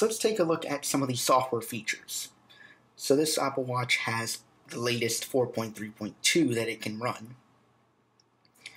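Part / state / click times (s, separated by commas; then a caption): accessory part (band or charger) fitting onto a smartwatch / seated / 8.7 s. A part, either the band or the charger, is pressed onto an older Apple Watch running software 4.3.2 and snaps into place. Someone talks for most of the clip, then after a quiet stretch a few faint ticks lead into a sharp click at 8.7 seconds as the part seats.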